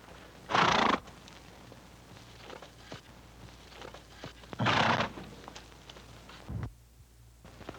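Horse snorting: two strong, airy blows about four seconds apart, followed by a softer puff and light rustling.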